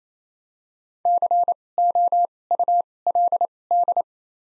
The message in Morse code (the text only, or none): C O U L D